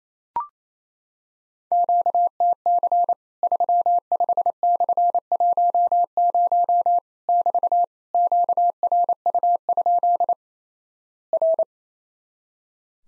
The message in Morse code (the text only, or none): QTC 35/10 <BT> QRU? R